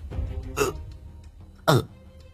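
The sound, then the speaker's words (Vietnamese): A voice lets out two short, choked hiccup-like gasps, about a second apart; the second is louder and more strained, with a brief voiced catch, over a faint low background hum. “Nó nấc lên một tiếng, mặt cắt không còn giọt máu.”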